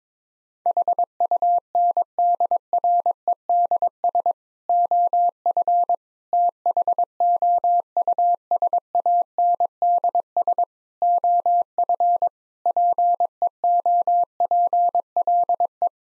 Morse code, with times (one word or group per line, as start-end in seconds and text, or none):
0.7-4.3 HUNDREDS
4.7-6.0 OF
6.3-10.6 THOUSANDS
11.0-12.3 OF
12.7-15.9 PEOPLE